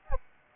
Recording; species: mosquito wingbeat signal from an infrared sensor; Anopheles arabiensis